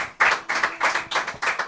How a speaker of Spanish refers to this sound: Fuerte el aplauso.